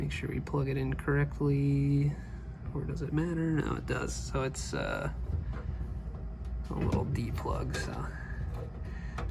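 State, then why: Seated. A small keyed D-shaped wire harness plug is pushed back into its mating socket on a GE washing machine while the fill spout is being replaced; it goes in only one way and should lock into place. Someone talks throughout, and a short sharp click at 9.2 s marks the plug seating and locking into the socket.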